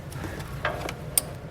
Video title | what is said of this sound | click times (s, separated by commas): etrailer - Curt T-Connector Vehicle Wiring Harness Installation - 2022 Hyundai Santa Fe | we go we heard the click i always like to just give a little tug the outwards make sure it is snapped in it's not going to come off | 1.2 s